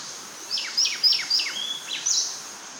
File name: Bay Wren Cantorchilus nigricapillus